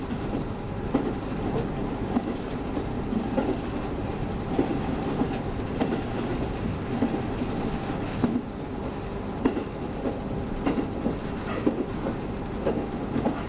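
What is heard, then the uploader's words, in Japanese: A KiHa 72 series train runs steadily with a dense low rumble, scattered sharp clicks and rattles, and a faint constant whine throughout. キハ72系 ゆふいんの森06号01 由布院～うきは。走行音。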